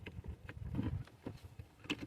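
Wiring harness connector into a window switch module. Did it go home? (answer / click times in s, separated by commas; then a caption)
no / none. A wiring harness connector is handled at a new plastic master window switch module for a 2004–2009 Mazda 3, being replaced because the window rolls down but not up. Sharp handling taps sound at about 0.1 s and 0.5 s, softer ones at 1.1 s and 1.3 s, with low rustling between them. Nothing has seated or clicked yet.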